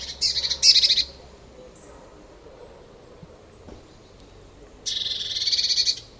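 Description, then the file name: Eurasian blue tit scolding in two bursts of fast, harsh churring notes, one at the start and one near the end, with quiet background between. "Cyanistes caeruleus"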